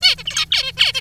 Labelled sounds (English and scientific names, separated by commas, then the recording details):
Zebra Finch (Taeniopygia guttata) song
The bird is a male
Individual mal2